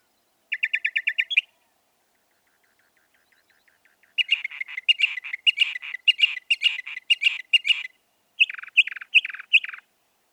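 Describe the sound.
Northern mockingbird song: a fast even trill, faint ticking notes, a long scratchy chattering stretch, then several repeated downslurred phrases.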